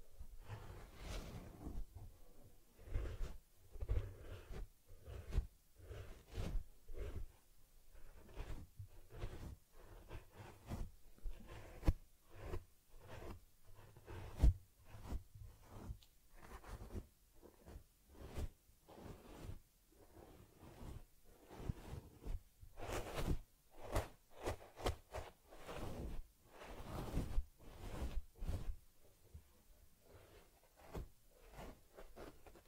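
A teddy bear gets a head massage and grooming, heard as a steady run of soft rubbing, brushing and tapping strokes, closely spaced throughout. Occasional louder scrapes and knocks stand out, especially around the middle and near 23 and 27 seconds.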